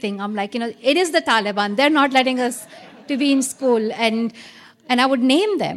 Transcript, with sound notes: I'm like, you know, it is the Taliban.
(LAUGHTER)
They're not letting us to be in school, and I would name them.